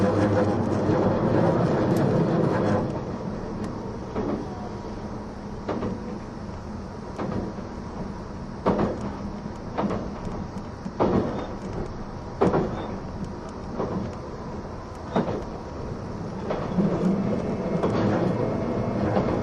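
A recording of the E261 series Saphir Odoriko No. 1 train, with a steady low rumble throughout, loudest in the first three seconds. Sharp clacks and knocks recur every second or two, like wheels passing rail joints, over a constant hum.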